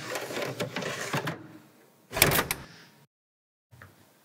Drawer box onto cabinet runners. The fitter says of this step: szufladę na prowadnicę i wchodzę do końca tak by usłyszeć kliknięcie